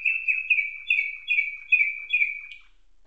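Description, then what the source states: Atlantic canary song: a fast run of buzzy, rolling trilled phrases held at a steady high pitch, each burst restarting every few tenths of a second, ending in a brief high flourish. Canary song tutored with nightingale song, a style called isian nightingale.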